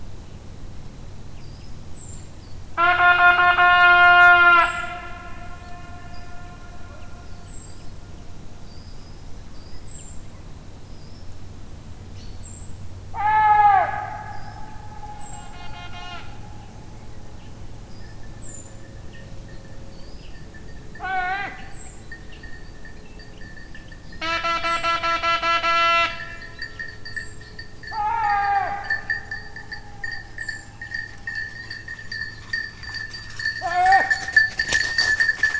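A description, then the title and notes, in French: A hunting horn sounds bright, brassy blasts every few seconds across a mountain, with fainter echoes, small bird chirps and a low rumble underneath. Valdrôme - Nagra Seven - B&K omni. Pour une fois je ne peut m'empêcher de partager cette rencontre avec un chasseur à la Bécasse (qui ne m'a pas vu) et qui en fin de matinée semblait avoir des difficultés à retrouver son chien. C'est avant tout l'écho dans la montagne de la trompe de chasse qui m'a ce jour intéressée.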